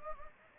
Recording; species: mosquito wingbeat signal from an infrared sensor; Anopheles gambiae